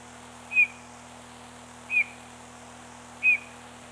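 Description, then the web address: Bird giving short, sharp whistled notes, each a brief downward slur, repeated about every one and a half seconds against a faint steady hum. Recorded on 19 December. "birdsong 19 XII"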